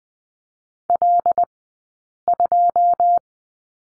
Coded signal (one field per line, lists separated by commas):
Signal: Morse code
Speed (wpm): 20 wpm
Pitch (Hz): 700 Hz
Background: none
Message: L2